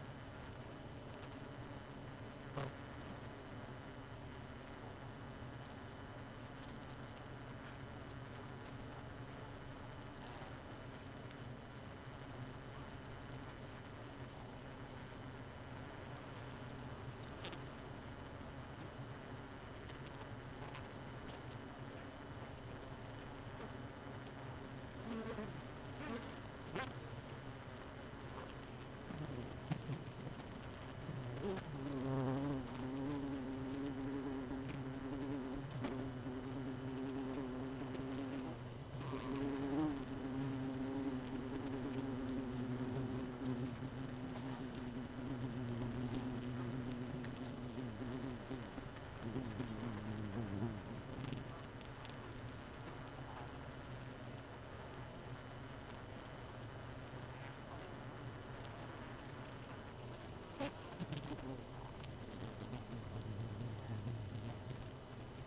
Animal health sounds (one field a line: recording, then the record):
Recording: honeybee colony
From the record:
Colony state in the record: missing queen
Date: 31 May 2018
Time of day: 2:31